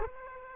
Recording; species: mosquito wingbeat signal from an infrared sensor; Aedes aegypti